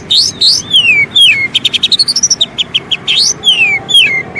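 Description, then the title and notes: Oriental magpie-robin song, sweeping downslurred whistles followed by a quick run of evenly spaced clipped notes, then more falling whistles. Long-duration filler song (isian) for training kacer to sing actively (gacor) day and night. "Kacer Jadi Gacor Siang Malam. Isian Kacer Durasi Panjang"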